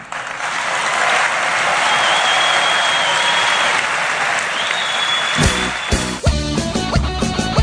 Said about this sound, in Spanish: Por ahí hubo ovación, ¿sí?